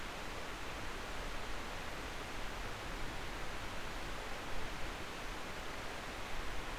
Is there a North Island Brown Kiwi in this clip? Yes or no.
no